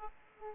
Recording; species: mosquito wingbeat signal from an infrared sensor; Aedes aegypti